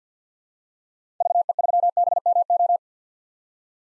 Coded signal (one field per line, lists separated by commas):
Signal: Morse code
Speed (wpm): 50 wpm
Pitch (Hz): 700 Hz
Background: none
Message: VE3BMO